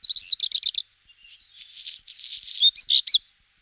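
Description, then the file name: Black redstart song: a quick run of clear whistled notes, then a scratchy, crackling middle stretch, ending with a few sharp rising and falling notes. "Kopciuszek"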